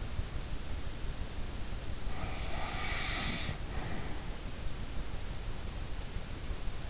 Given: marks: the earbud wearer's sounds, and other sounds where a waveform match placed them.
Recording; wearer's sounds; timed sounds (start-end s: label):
sounds in sleep by an in-ear microphone; snoring breath
2.12-4.47 s: snoring breath